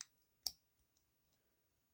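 A hood is pressed down onto a 1/64 scale diecast truck body to snap it into place, with a sharp click at 0.5 s and a few faint ticks after. Only one tab seats; the other tab will not line up.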